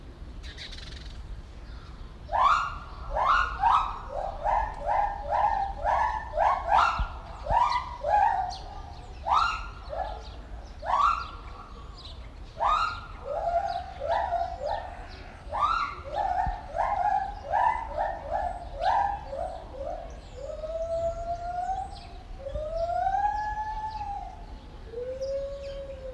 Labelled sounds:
Lar Gibbon (Hylobates lar)
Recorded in captivity
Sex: female
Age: adult
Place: Zoo Berlin, Berlin, DE
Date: 1994-04-02 10:02
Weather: wolkig bis heiter, 8-10°C
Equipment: Marantz CP 430, Sennheiser ME 80, Kopie Uher Variocord 263
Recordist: Tembrock, Günter
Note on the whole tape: Weibchen: aus unsichtbarer Anlage oben im Affenhaus, nach Stimme identifiziert, Strophen- und Ruffolgen (längere Stücke)

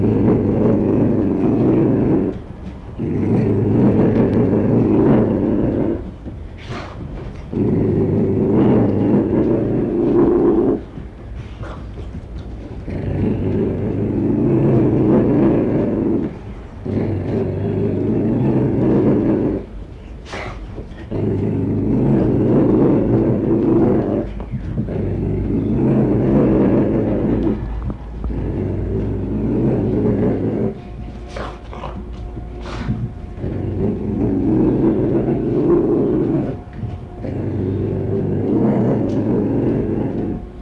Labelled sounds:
Ocelot (Leopardus pardalis)
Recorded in captivity
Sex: male
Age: adult
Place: Zoo Rostock, Mecklenburg-Vorpommern, DE
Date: 1977-11-25 12:25
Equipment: Uher CR 210, Sennheiser MD 421, Tesla-Verstärker, Kopie Uher Variocord
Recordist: Tembrock, Günter

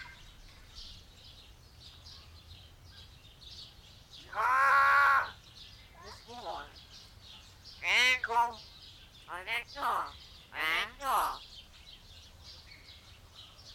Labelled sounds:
Common Hill Myna (Gracula religiosa)
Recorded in captivity
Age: adult
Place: Zoo Berlin, Berlin, DE
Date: 1992-06-20 12:03
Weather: wolkig-heiter, 20-24°C
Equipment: Marantz CP 430, Sennheiser ME 80, Kopie Tesla B 116
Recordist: Tembrock, Günter

